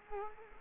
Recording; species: mosquito wingbeat signal from an infrared sensor; Culex quinquefasciatus